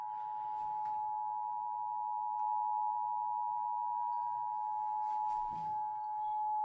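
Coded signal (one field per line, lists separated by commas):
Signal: Emergency Alert System (SAME) tones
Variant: 853 and 960 Hz attention tone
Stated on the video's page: A flash flood warning broadcast on an AM radio station at 820 kHz.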